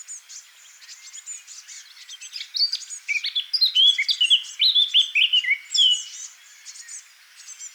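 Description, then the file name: Eurasian blackcap warbling quietly at first, then a louder run of quick, varied, whistled notes dropping in pitch, fading to soft chatter. "Sylvia atricapilla"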